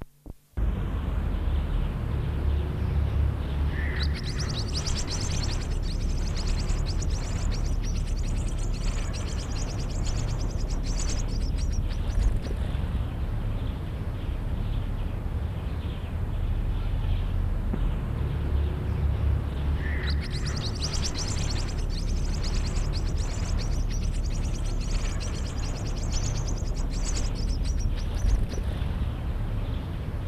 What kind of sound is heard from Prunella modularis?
call